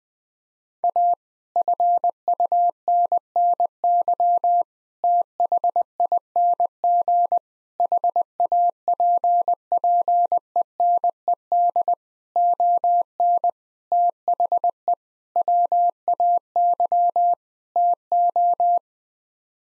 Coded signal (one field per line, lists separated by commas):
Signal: Morse code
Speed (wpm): 21 wpm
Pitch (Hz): 700 Hz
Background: none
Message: A FUNNY THING HAPPENED ON THE WAY TO